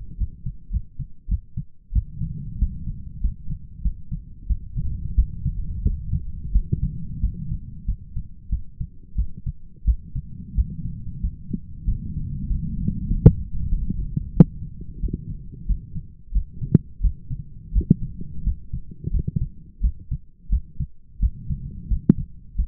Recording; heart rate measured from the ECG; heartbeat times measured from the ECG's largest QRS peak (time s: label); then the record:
heart sounds by stethoscope; 91 bpm
0.18 s: heartbeat
0.71 s: heartbeat
1.29 s: heartbeat
1.93 s: heartbeat
2.59 s: heartbeat
3.21 s: heartbeat
3.82 s: heartbeat
4.47 s: heartbeat
5.15 s: heartbeat
5.83 s: heartbeat
6.53 s: heartbeat
7.21 s: heartbeat
7.86 s: heartbeat
8.50 s: heartbeat
9.16 s: heartbeat
9.85 s: heartbeat
10.56 s: heartbeat
11.21 s: heartbeat
11.85 s: heartbeat
12.48 s: heartbeat
13.08 s: heartbeat
13.69 s: heartbeat
14.34 s: heartbeat
15.00 s: heartbeat
15.67 s: heartbeat
16.32 s: heartbeat
17.01 s: heartbeat
17.73 s: heartbeat
18.44 s: heartbeat
19.11 s: heartbeat
19.81 s: heartbeat
20.50 s: heartbeat
21.20 s: heartbeat
21.88 s: heartbeat
22.56 s: heartbeat
From the record:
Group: healthy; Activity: rest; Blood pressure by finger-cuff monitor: 141/75 mmHg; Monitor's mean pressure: 90 mmHg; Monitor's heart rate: 91 bpm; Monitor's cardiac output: 8.7 L/min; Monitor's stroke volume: 93 mL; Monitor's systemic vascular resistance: 750 dyn s/cm5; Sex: male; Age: 23 years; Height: 179 cm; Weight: 87 kg